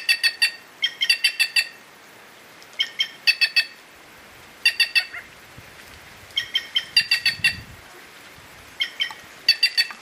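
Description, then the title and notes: White-naped jay calling in rapid runs of harsh, ringing notes, each run of about three to five notes, repeated every second or two. "Áudio do pio da gralha-cancã. WikiAves"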